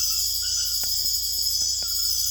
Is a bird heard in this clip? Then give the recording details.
no. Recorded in secondary vegetation near Puerto Asís, Putumayo, Colombia, on 21 December 2024 at 21:00. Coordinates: 0.488, -76.319. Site GP04